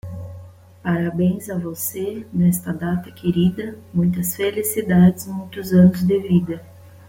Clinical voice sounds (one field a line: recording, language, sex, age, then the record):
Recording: short text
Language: Brazilian Portuguese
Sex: female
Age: 30 to 39 years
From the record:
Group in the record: control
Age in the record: 34 years